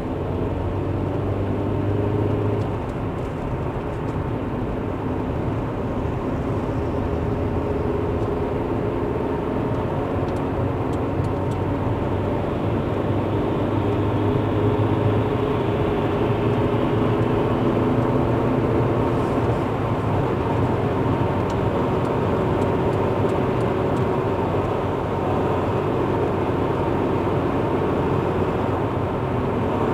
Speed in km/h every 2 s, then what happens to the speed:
61, 63, 67, 69, 77, 82, 87, 92, 96, 98, 99, 99, 98, 98, 96.
0-17 speeds up to 98. 17-30 steady at about 98.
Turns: none.